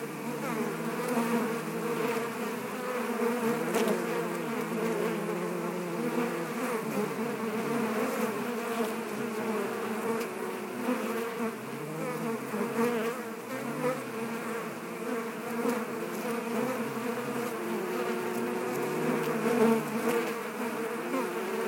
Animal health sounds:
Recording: honeybee colony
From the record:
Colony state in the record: active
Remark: normal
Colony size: 10,000 bees

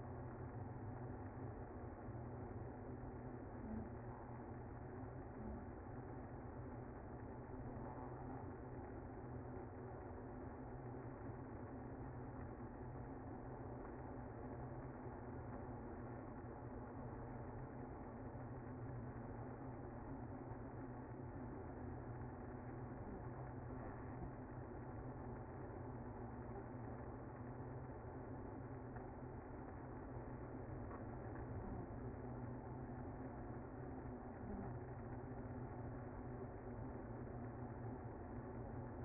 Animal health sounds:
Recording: honeybee colony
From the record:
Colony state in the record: active

